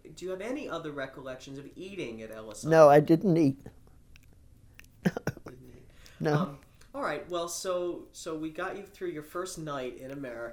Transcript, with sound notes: Do you have any other recollections of eating at Ellis Island?
No, I didn't eat, (she coughs) no.
All right, well, so, so we got you through your first night in America.